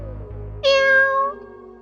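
A red-eyed cat sitting beside a person gives a single clear meow lasting under a second, bright and strongly tonal, rising in then sliding off, heard alone over a faint low hum with no talking.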